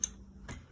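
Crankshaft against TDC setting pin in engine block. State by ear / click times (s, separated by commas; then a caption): seated / 0.0 s. During a 1.5 dCi timing belt replacement, the crankshaft is turned until it butts against the screwed-in TDC setting pin in the engine block. It lands on the stop with a sharp tac at 0.0 s, followed by a fainter tick at 0.5 s. The crankshaft is confirmed seated against the pin.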